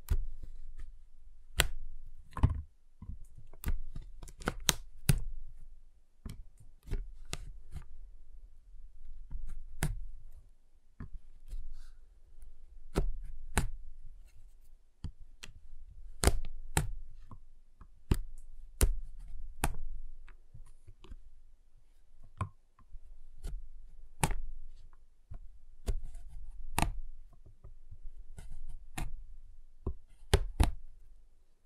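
Sharp cracks and taps on a giant chocolate bar come irregularly, every second or so, over a low, soft rumble between them.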